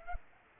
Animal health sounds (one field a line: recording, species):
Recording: mosquito wingbeat signal from an infrared sensor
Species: Culex pipiens